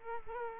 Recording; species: mosquito wingbeat signal from an infrared sensor; Culex quinquefasciatus